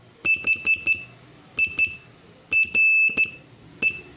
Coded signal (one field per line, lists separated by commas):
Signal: Morse code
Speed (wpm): 13 wpm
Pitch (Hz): 2650 Hz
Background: none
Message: HIRE